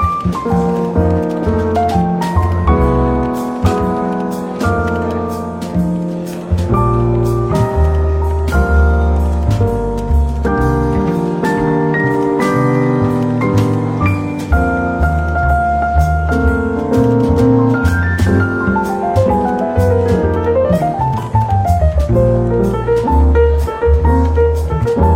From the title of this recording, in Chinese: 伦敦书店咖啡馆轻微喧闹氛围与柔和轻松的爵士背景音乐